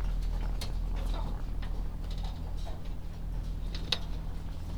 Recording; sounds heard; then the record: poultry house recording; sick chickens (respiratory disease)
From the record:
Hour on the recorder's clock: 16